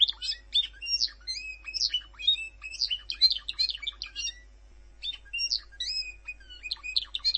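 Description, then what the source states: Bird song in a busy, fast stream of sharp chirps, trills and twisting whistles, broken by one brief pause before the twittering resumes. Masteran training recording.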